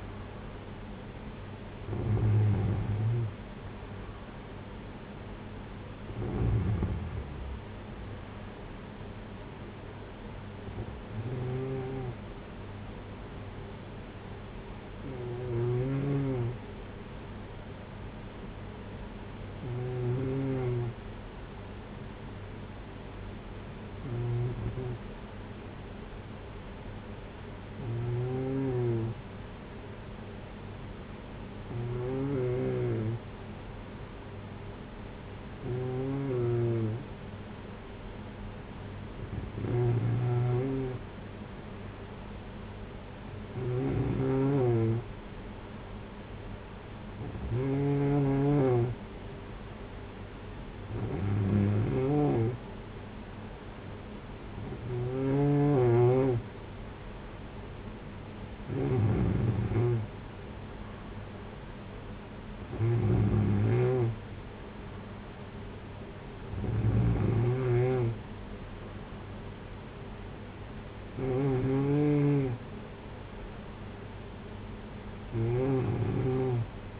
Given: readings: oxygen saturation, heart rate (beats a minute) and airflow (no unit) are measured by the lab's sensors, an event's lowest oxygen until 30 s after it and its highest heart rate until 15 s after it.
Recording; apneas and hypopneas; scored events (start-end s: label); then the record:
breathing in sleep by a voice recorder at the bedside; 1
20.00-42.90 s: hypopnea (N2, oxygen 95% highest, then 92% lowest, heart rate 53 at the start, 59 highest)
37.00-67.00 s: new sleep stage, N1 (lightest sleep)
67.00-77.00 s: new sleep stage, N2 (light sleep)
From the record:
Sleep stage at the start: N2 (light sleep); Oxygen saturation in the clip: 92 to 95%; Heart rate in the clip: 47 to 63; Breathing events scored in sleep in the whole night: 226 in 8.8 hours asleep